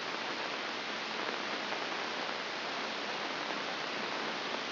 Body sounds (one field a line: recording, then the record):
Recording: brain microelectrode recording played as sound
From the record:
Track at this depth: inside the subthalamic nucleus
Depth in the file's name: 2.831 mm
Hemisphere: left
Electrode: 2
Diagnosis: Parkinson's disease